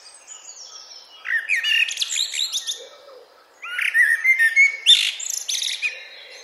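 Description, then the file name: Eurasian blackbird song: two warbled phrases separated by a short pause. "Turdus merula"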